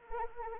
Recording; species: mosquito wingbeat signal from an infrared sensor; Anopheles arabiensis